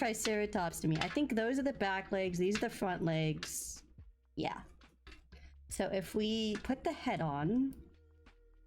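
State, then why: Not seated. Someone talks while handling the plastic pieces of a dig-kit triceratops toy skeleton, getting ready to fit the head piece onto the body. Faint plastic handling taps come through around 4.8 s and 5.1 s. The head has not seated or clicked on yet when the clip ends.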